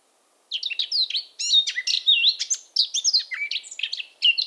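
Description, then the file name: Eurasian blackcap song: several quick runs of high, varied warbling with whistled and chattering notes, each lasting about a second, with short gaps between them. "Sylvia atricapilla"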